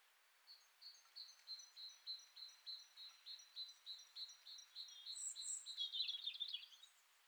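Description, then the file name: Great tit, a long train of high, clipped notes repeated about three times a second, growing busier and ending in a tangled, twittering flourish. "Parus major"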